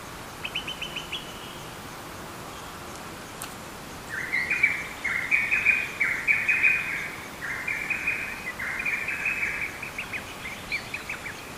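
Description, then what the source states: Lesser cuckoo giving rapid, repeated phrases of loud, clipped whistled notes that run together for several seconds, with fainter notes before and after and a constant background hiss. Recorded on 26 June 2009.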